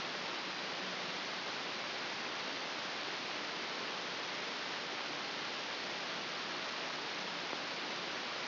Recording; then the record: brain microelectrode recording played as sound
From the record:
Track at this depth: inside the subthalamic nucleus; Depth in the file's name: 6.109 mm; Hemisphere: left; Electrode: 2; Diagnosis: Parkinson's disease